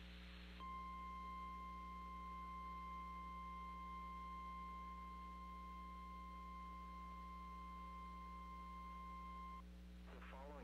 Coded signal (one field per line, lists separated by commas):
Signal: Emergency Alert System (SAME) tones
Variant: 1050 Hz attention tone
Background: speech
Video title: SVR GALORE 9: MRGL RISK MANIA... EAS Alerts from 7/10/23 - 7/11/23 (EAS #2,651 - 2,680)